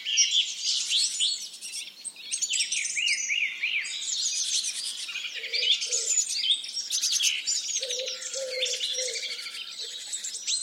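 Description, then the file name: Birds singing in a dense chorus: many overlapping high twittering and trilling phrases, with quieter low notes repeated between about five and nine seconds. "zvuki peniia ptits"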